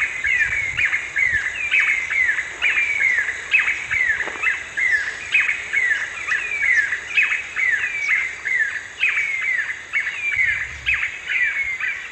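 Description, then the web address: Yellow-billed nunbird song: a steady series of clear, slightly descending whistled notes over a constant high insect buzz. Song recorded in the eastern lowlands of South America. "Natures Songs S America Eastern Lowlands Monasa flavirostris, song"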